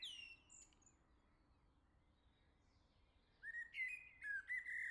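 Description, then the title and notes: Common blackbird: a high twittering ending at the start, a quiet gap, then a fresh mellow whistled phrase. Singing close by on the morning summer arrived, La Jarrie, France; recorded with SD MixPre-6 II, MS MKH40/30 in Cinela PIA2. "Le Merle salue l'été, 3 Gd Rue de Chassagne, 17220 La Jarrie, France. Quel Sol!!!! pour saluer l'arrivée de l'été ce matin! Merci Jolie Merle de tes vocalises à proximité!"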